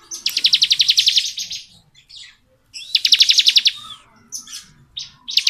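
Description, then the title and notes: Bar-winged prinia giving two fast buzzy trills of repeated high notes, followed by softer scattered chirps. Song in the ngebren style, used as tutor audio for training murai batu songbirds. "Ciblek Ngebren Untuk Masteran Murai Batu. Suara burung ciblek - Suara Nada"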